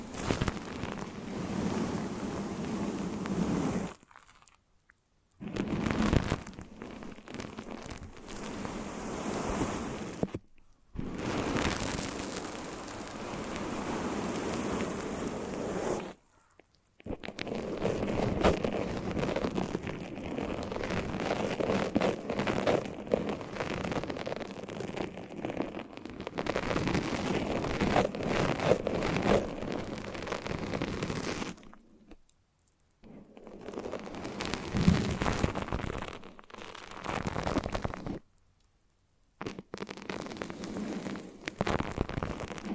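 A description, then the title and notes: Foamy, sticky sounds fill the clip: dense crackling and squishing bursts with a low, full body, broken by abrupt silences near 5, 10, 16, 32 and 38 seconds. Each stretch runs steady and busy, with fine popping textures throughout. ASMR The Foamiest and Stickiest Brain Massage (No Talking).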